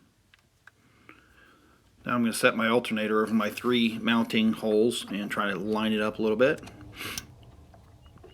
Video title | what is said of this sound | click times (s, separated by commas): How to Change The Alternator on a 6.0L F250 | then like I said all I have to do is plug my plug in here should snap right into place now | 0.7 s